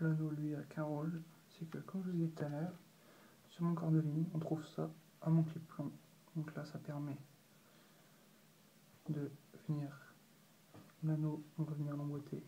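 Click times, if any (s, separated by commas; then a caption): none. Someone talks while handling and lining up the small metal ring of a carp fishing rig before pushing it into the quick-attach clip on the fishing line. Speech comes in bursts with quiet pauses between them. Nothing has seated or clicked yet.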